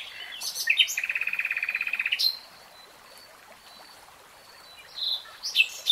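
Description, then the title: Nightingale song with a fast, even series of repeated notes lasting over a second, followed by quiet, then sharp whistled fragments. Nightingale singing, recorded in real time. "[Tiếng chim hót] 3 Hours REALTIME Nightingale Singing"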